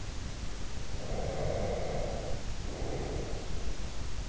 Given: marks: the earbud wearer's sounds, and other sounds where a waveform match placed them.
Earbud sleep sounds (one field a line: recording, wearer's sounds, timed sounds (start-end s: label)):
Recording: sounds in sleep by an in-ear microphone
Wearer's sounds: breath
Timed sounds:
0.92-3.64 s: breath